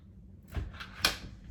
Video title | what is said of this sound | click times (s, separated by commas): UPPABaby Vista V2 Review (color/trim in Stella) | so there's the click. | 1.0 s